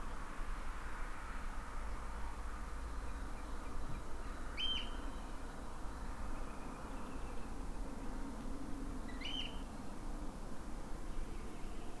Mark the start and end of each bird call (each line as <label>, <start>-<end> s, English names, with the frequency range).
Common Nightingale (2.3-2.9 kHz), 3.06-4.29 s
Eurasian Oystercatcher (1.8-6.6 kHz), 4.55-4.83 s
Common Nightingale (2.3-3.6 kHz), 6.36-8.06 s
Eurasian Oystercatcher (1.8-6.5 kHz), 9.08-9.45 s
Common Nightingale (2.3-3.4 kHz), 11.10-12.00 s